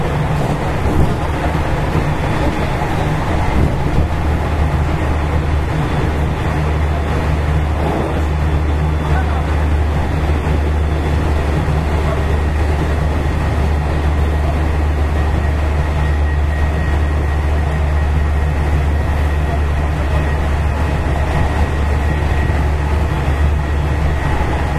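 Running sound of a JR West 207 series electric train between Amagasaki and Kobe. A steady, heavy low rumble and hum fill the whole clip, with a faint sustained whine above and light rattling throughout, and no clear breaks or stops.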